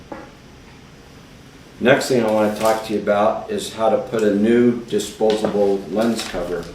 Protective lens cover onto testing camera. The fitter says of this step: And then to put it back on, just push it until you hear it click and it's in all the way.